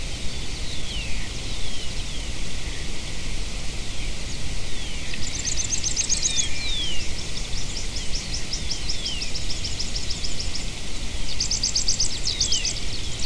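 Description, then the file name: Birds with faint chirps at first, then buzzy high trills, one long and a shorter burst near the end, over background hiss. "SABIOD 50 bird 2015"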